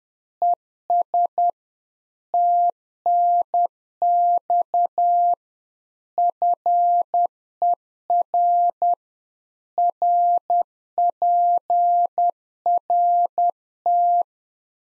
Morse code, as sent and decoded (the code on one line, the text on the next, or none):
. ... / - -. -..- / ..-. . .-. / .-. .--. .-. -
ES TNX FER RPRT